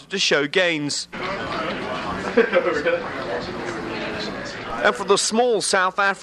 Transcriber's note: the sound of brokers speaking with each other and clients